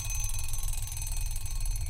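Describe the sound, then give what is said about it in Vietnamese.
An alarm clock rings continuously with a shrill, buzzing high-pitched tone, steady and loud throughout, with a rapid pulsing rattle and a low hum underneath and no voices. “Lại là cái âm thanh khủng khiếp đó. Quanh giật bắn người dậy, tắt chổi cái đồng hồ.”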